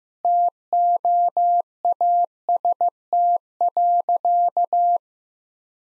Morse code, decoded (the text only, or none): TOAST.